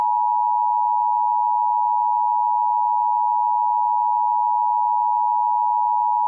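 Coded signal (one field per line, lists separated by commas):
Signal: Emergency Alert System (SAME) tones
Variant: 853 and 960 Hz attention tone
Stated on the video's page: Fictional EAS scenario using valid EAS tones; the events are purely made up.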